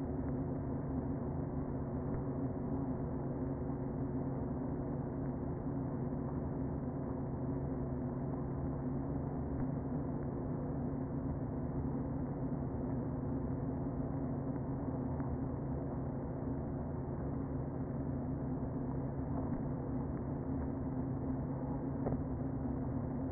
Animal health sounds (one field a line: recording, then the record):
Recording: honeybee colony, microphone inside the hive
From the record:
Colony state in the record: queen present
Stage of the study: before two queens were removed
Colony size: about 60,000 bees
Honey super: yes